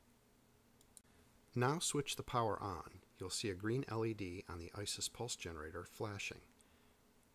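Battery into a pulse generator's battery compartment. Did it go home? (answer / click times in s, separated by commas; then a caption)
yes / 1.0 s. A battery, its larger crown-shaped negative terminal facing up, is pressed firmly into a pulse generator's battery compartment and clicks into place at 1.0 s, a short sharp snap preceded by a faint tick at 0.8 s. Someone then talks from about 1.6 s to the end, and the battery is seated.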